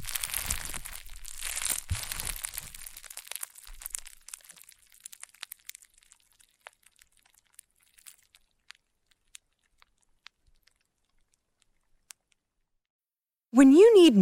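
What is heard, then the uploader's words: Crunchy, popping sounds from honeycomb slime, dense and crackly for the first four seconds, then thinning to sparse, sharp pops and clicks spaced a second or so apart. Near the end a voice breaks in loudly with a rising, wavering tone. EXTREME CRUNCHY AND POPPING SOUNDS Rainbow Honeycomb Slime.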